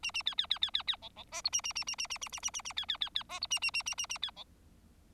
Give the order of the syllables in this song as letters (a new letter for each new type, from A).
A A B B B B B B C C D E A A A A A A A A A A A B B B B D E A A A A A A B C